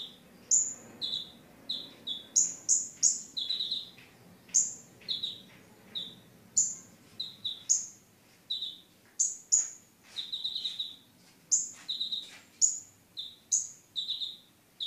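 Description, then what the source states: Sunbird giving a fast, continuous song of high thin whistles and lower sliding notes, alternating rhythmically throughout. Champion singing bird (kicau jawara); local name mountain sunbird (kolibri gunung).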